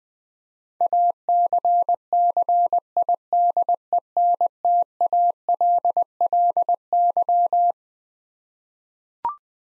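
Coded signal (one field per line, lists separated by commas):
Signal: Morse code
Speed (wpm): 20 wpm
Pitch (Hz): 700 Hz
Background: none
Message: ACCIDENTALLY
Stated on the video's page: Head-copy practice of twelve-letter words at 20 wpm, each word sent in Morse, spoken, then sent again.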